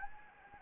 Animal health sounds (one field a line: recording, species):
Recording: mosquito wingbeat signal from an infrared sensor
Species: Anopheles gambiae